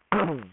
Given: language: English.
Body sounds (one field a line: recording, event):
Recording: throat vibration sensor signal played as sound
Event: throat clearing